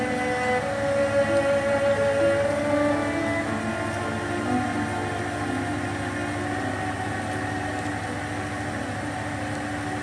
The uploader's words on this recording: Study with me in rain + Victorian Era music.